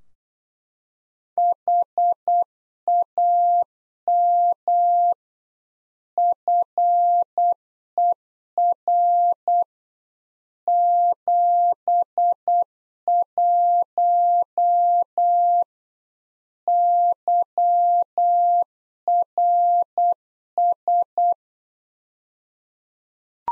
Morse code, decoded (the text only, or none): HAM FER 71 YRS